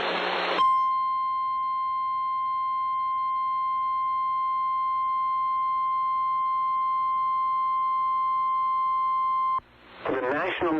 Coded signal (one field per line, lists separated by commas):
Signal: Emergency Alert System (SAME) tones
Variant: 1050 Hz attention tone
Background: speech